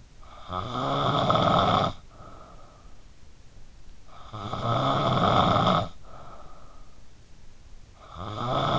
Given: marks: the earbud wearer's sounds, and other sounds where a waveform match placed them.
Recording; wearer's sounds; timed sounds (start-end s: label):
sounds in sleep by an in-ear microphone; snoring breath
0.00-8.79 s: snoring breath